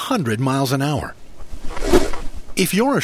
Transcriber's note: Simulated sound of Peregrine diving